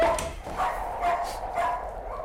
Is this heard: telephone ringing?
no